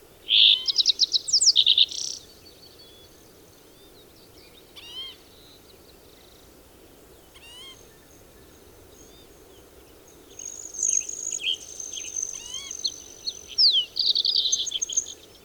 Green-tailed Towhee song and call recorded at Hollowell Park in Rocky Mountain National Park.